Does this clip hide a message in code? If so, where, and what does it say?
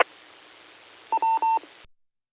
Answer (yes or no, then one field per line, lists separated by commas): no